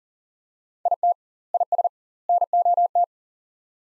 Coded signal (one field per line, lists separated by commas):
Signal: Morse code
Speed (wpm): 40 wpm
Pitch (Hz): 700 Hz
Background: none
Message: IT IS NOT